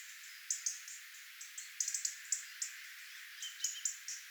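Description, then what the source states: Tits calling: crisp, very high single and paired notes at irregular intervals. Tit flock, recorded 11 October 2024.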